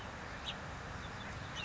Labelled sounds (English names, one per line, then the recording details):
House Finch
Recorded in Sonoma County, California